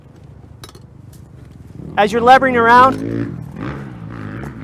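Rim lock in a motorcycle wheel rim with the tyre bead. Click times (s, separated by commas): 0.6 s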